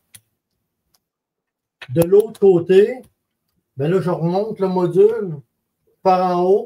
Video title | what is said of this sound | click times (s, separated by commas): Présentation du nouveau modèle arbalète Excalibur. Live numéro 15 l'appel du Roy | Quand je suis rendu en bas, ça fait clic. | 0.1 s